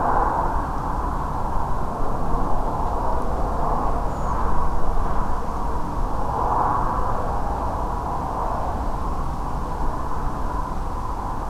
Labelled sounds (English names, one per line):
Redwing